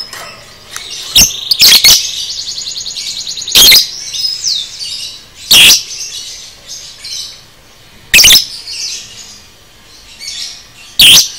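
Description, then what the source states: Lovebird chattering: sharp shrill chirps spaced irregularly, a short rapid trill near two seconds, and steady high twittering throughout. Lovebird 'paud' masteran song, meant for training caged birds.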